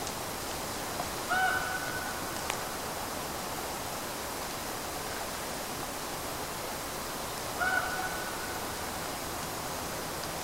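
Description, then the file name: Eurasian pygmy owl with two short piping whistles spaced roughly six seconds apart, with a faint click and background hiss. "Sperlingskauz"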